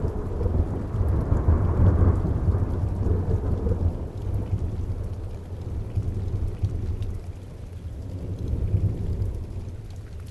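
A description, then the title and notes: Rain falls in a dense, steady hiss with a deep low rumble running underneath. The rumble swells strongest in the first four seconds, fades slightly through the middle, and rises again near nine seconds, like a long roll of thunder. 3d rain with a few thunders.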